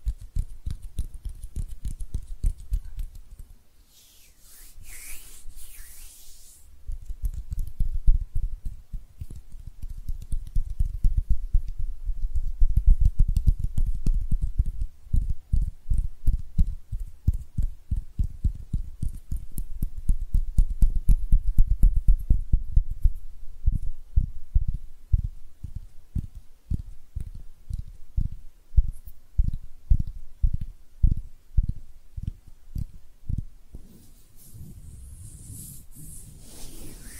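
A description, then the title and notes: Hand sounds made of dense, low, muffled tapping and patting that runs through most of the clip, settling into a steadier, regular rhythm in the second half. Brief bright, hissing rubs appear around five seconds and again near the end. ASMR Relaxing Hand Sounds (No Talking).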